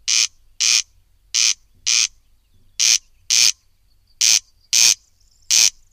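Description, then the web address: Corncrake giving rasping, grating calls in doubled pairs, the two calls of each pair roughly half a second apart, repeated steadily. "agykontroll Madardalok Cd 2. Haris"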